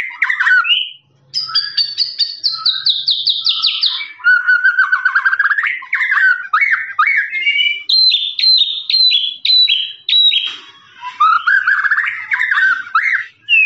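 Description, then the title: Lovebird song in long ringing trills of rapid chirps, stepping down then climbing, with clipped high notes repeated for over ten seconds. Long "ngekek" trilling song used as master recording for training birds. "FULL DURASI MASTERAN LOVEBIRD NGEKEK PANJANG"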